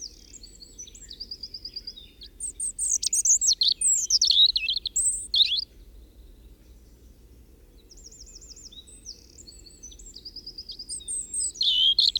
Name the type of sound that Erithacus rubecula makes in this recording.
song